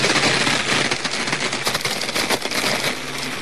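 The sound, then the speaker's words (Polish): A small blender grinds loudly and steadily, with sharp rapid cracks and pops rattling through the whirring motor as drained, hot-water-soaked dates and raisins are crushed. “O rety, ale strzelało. Na pewno pestek nie było?”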